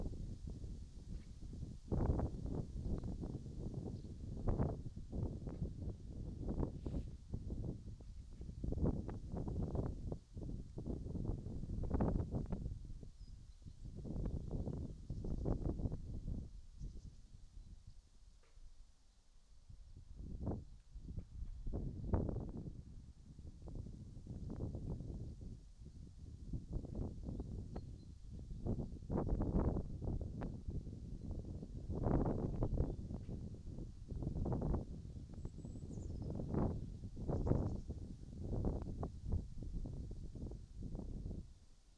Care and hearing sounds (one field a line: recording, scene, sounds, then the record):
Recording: everyday scene through a hearing-aid microphone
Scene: wind on the microphone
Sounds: wind, other noises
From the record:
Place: in front of a rural house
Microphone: in the ear canal, right